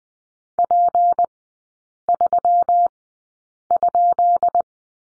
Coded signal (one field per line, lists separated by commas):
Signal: Morse code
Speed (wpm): 20 wpm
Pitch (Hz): 700 Hz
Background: none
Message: P3?